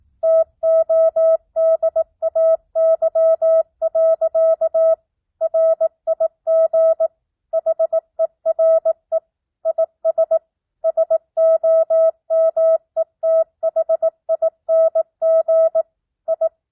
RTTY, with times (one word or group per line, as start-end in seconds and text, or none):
none